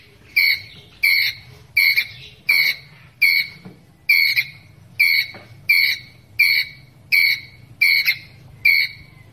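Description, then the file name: Ground squirrel: repeated shrill chirps from a ground squirrel, a steady series of short high notes spaced under a second apart, with soft low rumble behind. Ground squirrel calling to its group. "Tieng soc dat goi bay"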